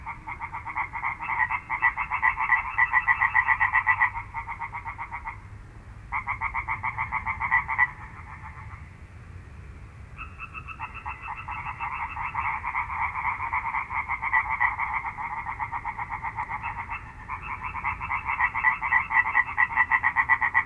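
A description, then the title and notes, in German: Frogs from a pond call in dense, rapid rattling choruses that start and stop in bursts, over a low rumbling background. Die Frösche vom anderen Teich. Der Teich gegenüber dem von der letzten Aufnahme klingt ganz anders...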